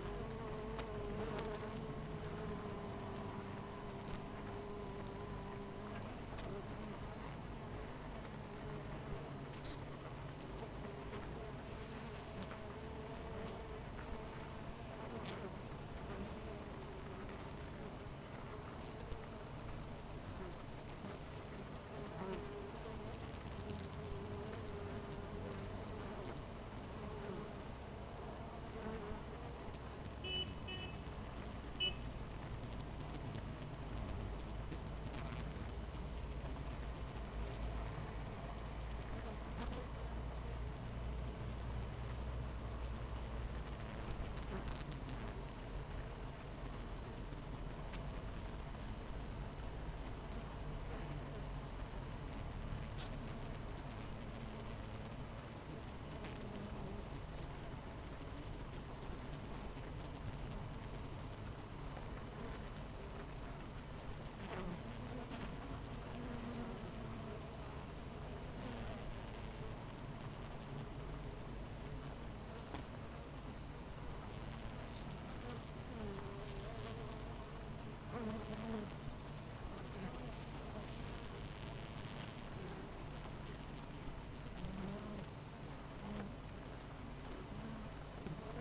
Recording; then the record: honeybee colony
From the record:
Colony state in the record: missing queen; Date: 14 July 2017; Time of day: 9:06